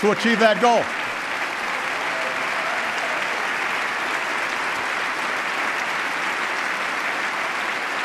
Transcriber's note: applause